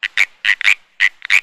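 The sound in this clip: Frog calls, several short harsh raspy notes, some given in quick pairs and triplets.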